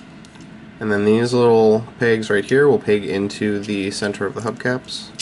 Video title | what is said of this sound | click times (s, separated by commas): Takara Tramsformers 4: Age of Extinction / Lost Age - AD11 Dispensor | down it doesn't really pay ginn specifically but kind of clicks into place and then | 0.2 s